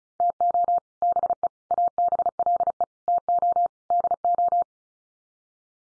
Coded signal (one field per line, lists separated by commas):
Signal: Morse code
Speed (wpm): 34 wpm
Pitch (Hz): 700 Hz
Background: none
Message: TO BE ABLE TO DO